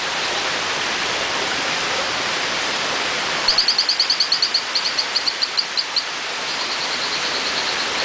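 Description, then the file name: Hylodes phyllodes giving a train of quick, high whistled chirps that starts fast, slows, then trails off into fainter notes, all over heavy rushing-stream noise. "Hylodes phyllodes"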